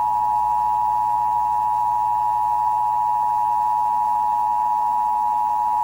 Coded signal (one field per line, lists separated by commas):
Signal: Emergency Alert System (SAME) tones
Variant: 853 and 960 Hz attention tone